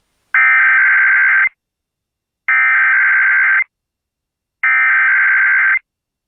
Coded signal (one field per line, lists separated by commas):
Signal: Emergency Alert System (SAME) tones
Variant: header bursts